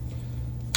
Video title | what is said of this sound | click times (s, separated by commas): Ape Labs Bulb 2.0 - Overview & 1.0 Vs 2.0 Brightness Test | turn it till clicks | 0.8 s